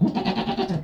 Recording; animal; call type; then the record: contact call of a hoofed animal; goat; low-frequency (closed-mouth) or high-frequency (open-mouth) call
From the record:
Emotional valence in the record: negative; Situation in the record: food frustration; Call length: 0.85 s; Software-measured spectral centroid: 1570 Hz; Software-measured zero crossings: 1300 a second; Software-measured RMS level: -23 dBFS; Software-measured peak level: -10 dBFS